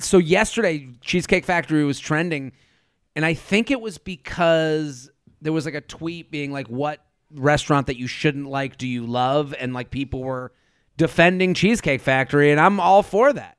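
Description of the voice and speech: An adult speaks casually and fluently at a relaxed, conversational pace, with a moderate-pitched voice and natural pauses between phrases. Articulation and voice quality are clear, with no hoarseness, breathiness or hesitations beyond ordinary fillers like "like". This is typical speech.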